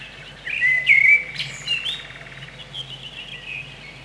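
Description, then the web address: Common blackbird song: one short mellow whistled phrase that slides and warbles, then trails into soft, thin, higher twittering, over a faint low hum. Recorded in spring. "vremena vesna 02 drozd chjorni"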